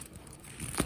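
A Ka-Bar USSF fixed-blade knife is being slid down into its sheath, with soft crinkling, rustling handling noise building to a louder scraping burst around 0.8 s. The clip ends just before the knife seats, so the sheath retention has not yet clicked.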